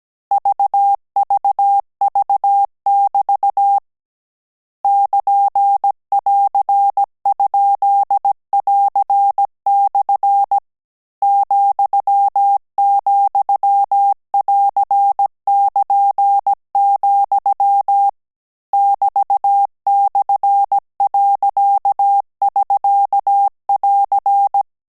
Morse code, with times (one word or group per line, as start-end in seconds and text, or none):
0.3-3.8 VVV<BT>
4.8-10.6 <KN><AR>?<AR>/
11.2-18.1 ,,<AR><KN>,
18.7-24.6 <BT>/.<SK><AR>